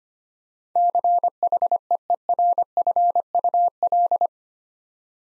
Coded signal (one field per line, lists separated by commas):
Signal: Morse code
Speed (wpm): 25 wpm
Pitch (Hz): 700 Hz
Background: none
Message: CHEERFUL